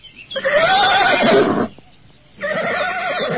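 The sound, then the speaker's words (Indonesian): An old, fierce horse neighs in two loud, wavering bursts separated by a short pause, each whinny rising and trembling with a bright, strained pitch. “Maaf kak, kuda kami galak.”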